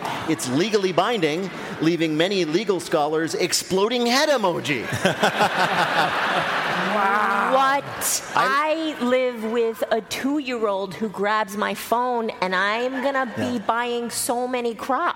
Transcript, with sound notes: it's legally binding, leaving many legal scholars exploding-head emoji.
(LAUGHTER)
Wow.
What? I live with a 2-year-old who grabs my phone, and I'm going to be buying so many crops.